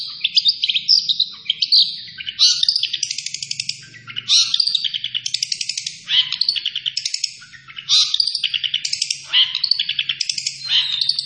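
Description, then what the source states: Long-tailed shrike song, a varied chattering medley of rattles, trills and sharp whistled notes, delivered in short bursts one after another. Local Indonesian name cendet; described as gacor, meaning actively and continuously singing.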